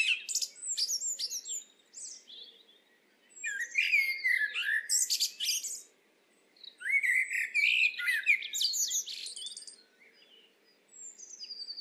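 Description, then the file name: Eurasian blackbird song, mellow fluted notes mixed with scratchy, high-pitched chatter, delivered in three separate bursts with quieter gaps between, and a fourth starting at the very end. "Turdus merula"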